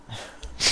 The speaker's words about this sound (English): What is it about hearing an animal snoring?